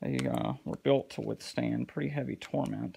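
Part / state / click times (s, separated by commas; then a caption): plastic battery cover onto a mobile phone handset / not seated / none. A plastic battery/back cover is handled near a vintage Sanyo RL 4920 2G bar phone handset as someone talks. Nothing has seated or clicked into place yet.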